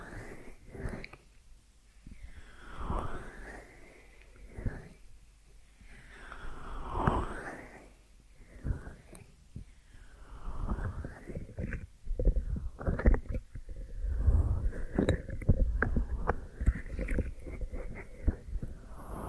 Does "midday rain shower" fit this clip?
no